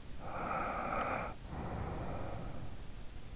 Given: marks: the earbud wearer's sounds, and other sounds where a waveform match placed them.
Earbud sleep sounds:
sounds in sleep by an in-ear microphone; breath
0.22-3.36 s: breath

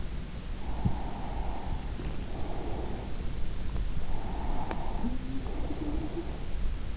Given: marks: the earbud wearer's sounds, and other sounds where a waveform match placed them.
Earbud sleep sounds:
sounds in sleep by an in-ear microphone; breath
0.59-3.44 s: breath
4.02-6.54 s: breath

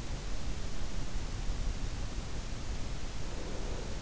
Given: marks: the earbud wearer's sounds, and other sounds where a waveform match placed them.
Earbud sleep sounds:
sounds in sleep by an in-ear microphone; breath
3.26-3.99 s: breath

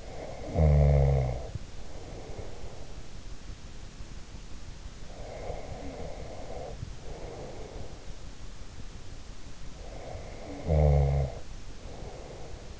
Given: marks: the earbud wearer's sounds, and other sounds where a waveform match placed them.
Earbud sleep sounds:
sounds in sleep by an in-ear microphone; snoring breath, breath
0.00-2.97 s: snoring breath
5.08-8.20 s: breath
9.77-12.80 s: snoring breath

